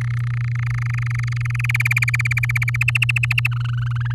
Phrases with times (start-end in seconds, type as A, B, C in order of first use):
0.01-1.66 A, 1.69-2.76 B, 2.81-3.47 C, 3.51-4.13 D